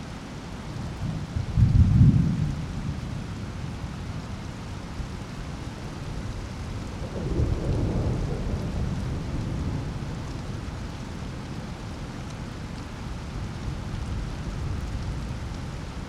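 A night thunderstorm with steady rushing rain and water, a low thunder rumble near two seconds and another rolling swell around seven to nine.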